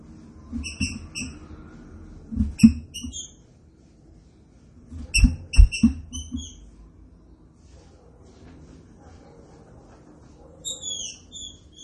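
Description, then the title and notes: Green-winged saltator: three groups of crisp whistled notes with low thumps beneath, then a closing series of falling slurred whistles. Training recording of the classic song style (canto clássico). "Canto Clássico Trinca Ferro TREINAMENTO. trinca fero"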